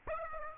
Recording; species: mosquito wingbeat signal from an infrared sensor; Aedes aegypti